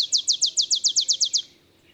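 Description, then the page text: Olive sparrow song ending: a fast, even trill of high downslurred chips that stops abruptly. Simple songs likened to a field sparrow's bouncing ball song; early morning in Texas, 50 miles north of the Mexican border. "Olive sparrow. Recording early morning just 50 miles north of the Mexican border in Texas"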